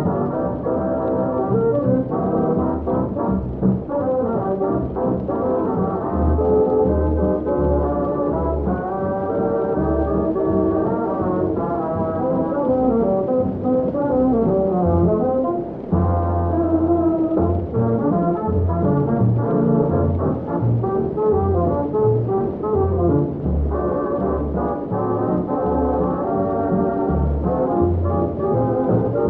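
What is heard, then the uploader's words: Old Halloween songs play from another room, sounding muffled with the top end cut away. A steady run of melody and chords continues throughout, over bass notes pulsing in a regular beat, and the level stays even for the whole stretch. Halloween oldies playing in another room.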